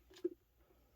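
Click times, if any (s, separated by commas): 0.2 s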